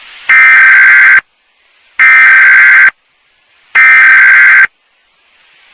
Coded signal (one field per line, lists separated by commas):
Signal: Emergency Alert System (SAME) tones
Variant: header bursts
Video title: EAS Scenario: Trouble In Motown